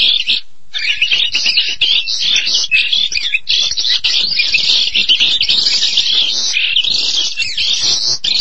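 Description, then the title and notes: Starling song with a brief gap near the start, then a busy flow of scratchy warbles, clicks and whistled phrases that continues without pause. "suara burung jalak"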